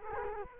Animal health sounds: mosquito wingbeat signal from an infrared sensor; Culex quinquefasciatus

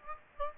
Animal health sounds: mosquito wingbeat signal from an infrared sensor; Aedes aegypti

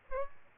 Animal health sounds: mosquito wingbeat signal from an infrared sensor; Aedes aegypti

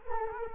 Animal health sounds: mosquito wingbeat signal from an infrared sensor; Culex quinquefasciatus

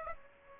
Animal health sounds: mosquito wingbeat signal from an infrared sensor; Aedes aegypti

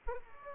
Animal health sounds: mosquito wingbeat signal from an infrared sensor; Aedes aegypti

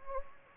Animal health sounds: mosquito wingbeat signal from an infrared sensor; Anopheles gambiae

